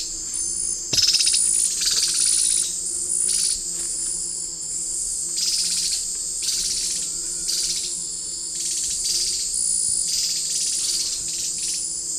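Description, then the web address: Black-throated antbird harsh rattling calls in a series of short buzzy bursts, set against a loud, steady, high-pitched insect drone. Alarm call and call; eastern lowlands of South America. "Natures Songs S America Eastern Lowlands Myrmeciza atrothorax, alarm call and call"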